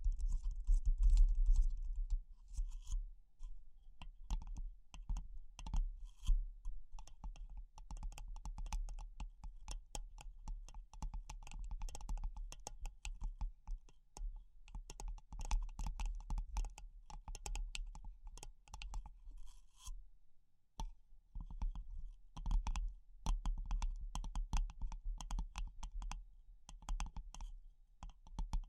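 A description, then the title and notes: Tapping, coming in quick bursts and slower stretches, each tap a short crisp click like keys or fingernails on a hard surface. The taps run densely through most of the clip, with a brief gap near 20 seconds, over a steady low hum. ASMR Pure Tapping Fast and Slow (No Talking).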